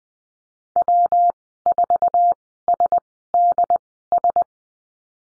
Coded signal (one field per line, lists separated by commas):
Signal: Morse code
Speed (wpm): 19 wpm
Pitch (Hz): 700 Hz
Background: none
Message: W4SDS